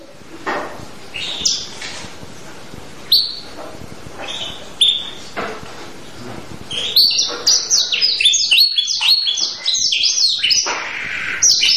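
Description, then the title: Canary song begins with scattered sharp high chirps and short notes, then builds into quick, continuous high warbling phrases of varied, rapidly repeated notes. Canary in vigorous, persistent song with long rolls, presented as prompting other canaries to answer at once. "LANGSUNG NYAUT GACOR DOR Kenari Manasaja, Dengan Kicau Kenari GACOR NGOTOT ROLL PANJANG"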